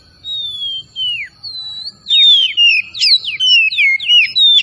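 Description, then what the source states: Oriental magpie-robin delivering long, pure whistled notes that slide downward, then a rapid run of looping, twisting whistles. Known as kacer tretes; singing vigorously (gacor).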